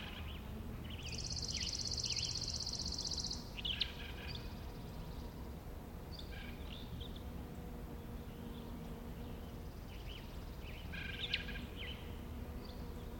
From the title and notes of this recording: The Colockum Wildlife Area in Washington. The whole area was quiet, mostly absent of humanity, including campers or hikers.